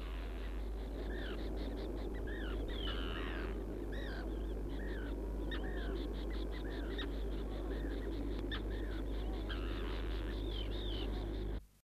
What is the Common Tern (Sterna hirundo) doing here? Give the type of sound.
begging call